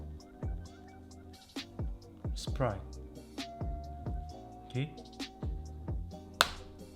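Someone talks over background music while prying the old earpad cushion bracket of a pair of Sony WH-1000XM3 headphones off its plastic ear cup, with soft taps and small knocks along the way. At 6.4 s a single sharp snap rings out as the clip lets go, freeing the earpad from the frame.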